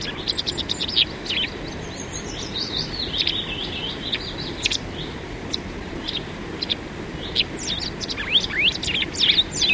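White wagtail giving high, quick chirps in loose bursts, some steady thin notes early on, then clusters of sharp twitters near the end over a faint background hiss.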